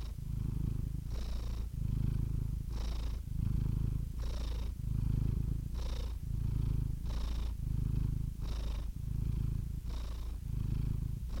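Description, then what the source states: Domestic cat giving a continuous deep purr, alternating in and out breaths about once a second, with faint airy hiss at each pulse. Compilation of domestic cats, from kittens to old cats.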